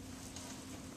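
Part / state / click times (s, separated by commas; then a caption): backrest handle hinge into locked upright position on a transport wheelchair / not seated / none. The push handles of a folding transport wheelchair are being handled to raise the metal backrest hinge toward its locked upright position. A steady broadband hiss with a low hum runs throughout, with a brief swell of handling noise at about 0.4 s. Nothing has seated or clicked yet.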